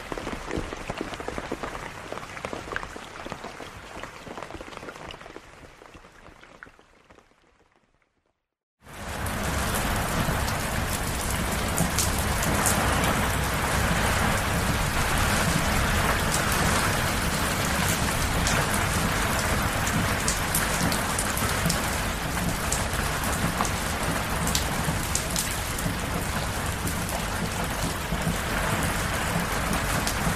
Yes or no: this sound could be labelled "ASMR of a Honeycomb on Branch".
no